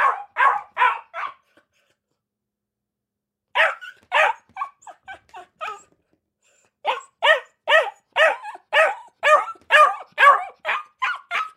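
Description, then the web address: Akita puppy giving a few yaps, a silent pause, two louder barks and softer yips, then a long run of repeated barks. Akita puppy barking in a cage kennel. "Blastwave ANIMALS Dog Akita Puppy"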